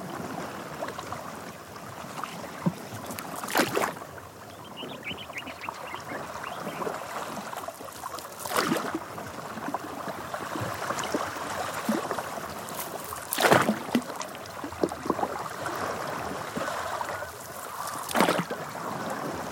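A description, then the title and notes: A dugout canoe is poled through a channel, with a steady wash of water rippling along the hull. About every five seconds a sharper swish and splash marks each pole stroke, bright, while a faint bird chirps once early on. Field Recording: Tom Poling Through A Nice Channel. Okavango Delta near Jediba. On a solo mission with Tom, the sound of the mokoro was different, with his freer and faster motion. Recorded by Brian House for the Okavango Wilderness Project. Equipment used: Sound Devices 702 digital recorder with Sennheiser 418 stereo shotgun microphone (M/S).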